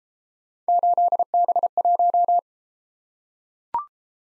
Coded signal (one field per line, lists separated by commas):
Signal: Morse code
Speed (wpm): 32 wpm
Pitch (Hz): 700 Hz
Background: none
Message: 8B1